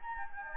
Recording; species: mosquito wingbeat signal from an infrared sensor; Anopheles gambiae